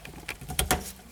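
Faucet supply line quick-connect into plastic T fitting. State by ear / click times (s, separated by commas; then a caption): seated / 0.6 s, 0.7 s. Plastic quick-connect water lines of a Kohler widespread bathroom sink faucet are pushed into a plastic T fitting that connects the handles to the spout. After a few faint taps near 0.1 and 0.3 s, two sharp clicks ring out at 0.6 s and 0.7 s. The lines are seated in the T fitting.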